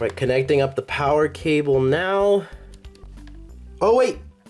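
Someone talks over background music while handling the power/display cable connector of a replacement laptop touchscreen at its socket on the display panel, with a few faint ticks near 2.7–3.3 seconds. Nothing has seated or clicked yet by the end of the clip.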